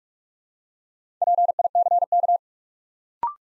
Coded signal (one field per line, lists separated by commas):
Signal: Morse code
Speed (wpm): 44 wpm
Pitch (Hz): 700 Hz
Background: none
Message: PICK